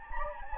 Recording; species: mosquito wingbeat signal from an infrared sensor; Anopheles gambiae